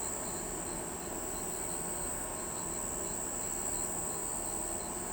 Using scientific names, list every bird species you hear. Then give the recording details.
none. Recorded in pastures near Pivijay, Magdalena, Colombia, on 13 April 2023 at 01:00. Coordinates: 10.456, -74.369. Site P6-G026